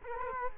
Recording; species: mosquito wingbeat signal from an infrared sensor; Culex quinquefasciatus